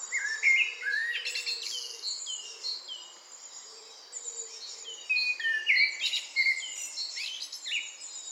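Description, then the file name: Eurasian blackbird delivering quick fluty phrases, several in succession, against high twittering from other birds. "Turdus merula"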